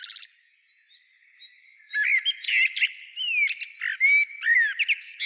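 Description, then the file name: Common blackbird song: after a soft start, a dense three-second phrase of fluting whistles laced with high twittering and squeaky notes. "Turdus merula"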